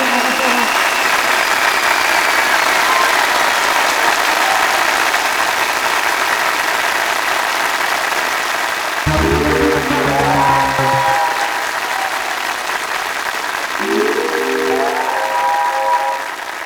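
A large festival crowd at a live show roars and claps in a dense, steady wash of noise, with a couple of loud tonal cries or whoops breaking through in the second half.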